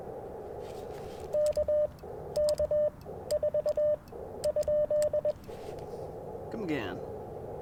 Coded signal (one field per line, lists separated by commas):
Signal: Morse code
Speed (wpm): 21 wpm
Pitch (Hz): 600 Hz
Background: speech, radio noise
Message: K K 4 ?